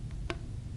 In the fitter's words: You should hear a small snap like that.